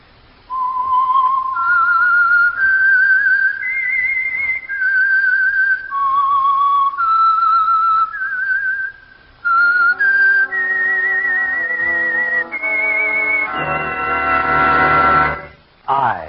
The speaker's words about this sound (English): And for Sunday evening listening pleasure, the signal to listen for is this whistle that identifies the Signal Oil Program, The Whistler.